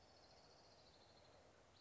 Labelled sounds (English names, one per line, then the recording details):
Orange-crowned Warbler
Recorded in Sonoma County, California